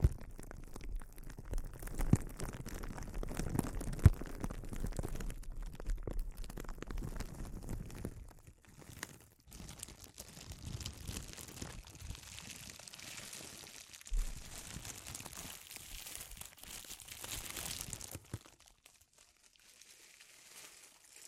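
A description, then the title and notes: Dense, busy crinkling with crunchy rustles and scattered sharper snaps, fairly steady and bright, thinning out to near silence for the final three seconds. ASMR Sensitive Crinkles (No Talking).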